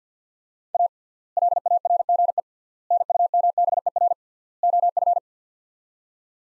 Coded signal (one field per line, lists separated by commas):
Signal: Morse code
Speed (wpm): 50 wpm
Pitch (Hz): 700 Hz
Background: none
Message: A LARGE NUMBER OF